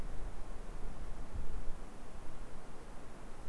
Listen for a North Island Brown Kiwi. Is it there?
no